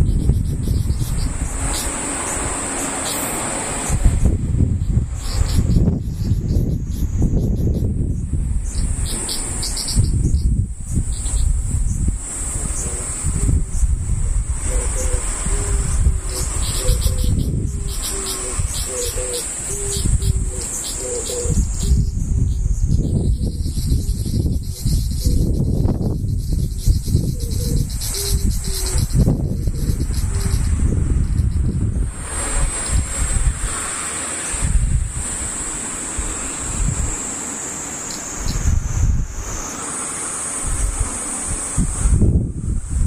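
Cicadas keep up a thin, high, unbroken drone for the whole clip, easing slightly around the middle and strengthening again after about 32 seconds. Beneath it, low gusty rumbling like wind rises and falls constantly, with soft rustling mixed in.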